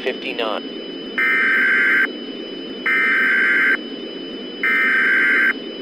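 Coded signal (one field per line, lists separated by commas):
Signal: Emergency Alert System (SAME) tones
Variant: header bursts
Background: speech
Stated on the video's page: Mock EAS alert recreated in the CRS era style.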